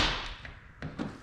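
A round steel wire lock, held in place with a thumb, is worked around by hand into the groove of a piston pin bore, where it retains the wrist pin. After a fading broadband rustle and a small tap at 0.5 s, a sharp click at 0.8 s marks the lock popping into the groove and seating, followed by another light hit near 1.0 s.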